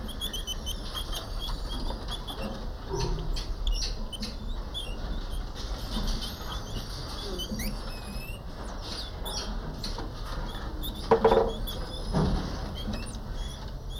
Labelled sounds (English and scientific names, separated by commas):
Cottontop Tamarin (Saguinus oedipus) call